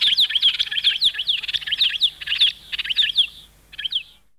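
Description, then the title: Brown-and-yellow marshbird calls: a rapid run of harsh, downslurred chattering notes, several per second, fading out with a last short burst near the end. "Museo de Ciencias de Bahía Blanca. Pecho Amarillo"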